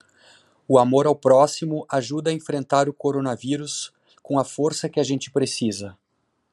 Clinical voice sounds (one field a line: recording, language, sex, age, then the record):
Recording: spoken sentence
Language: Brazilian Portuguese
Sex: male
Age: 40 to 49 years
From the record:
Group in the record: control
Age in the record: 41 years